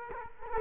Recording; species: mosquito wingbeat signal from an infrared sensor; Culex quinquefasciatus